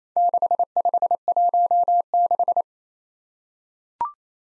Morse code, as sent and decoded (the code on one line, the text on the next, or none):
-.... ..... .---- -....
6516